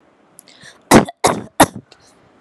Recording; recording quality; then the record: shallow voluntary cough; excellent, no background noise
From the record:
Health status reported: exposed to COVID-19, no respiratory illness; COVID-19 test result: negative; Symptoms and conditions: none ticked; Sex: female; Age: 23 years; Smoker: not ticked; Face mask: not worn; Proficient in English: yes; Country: India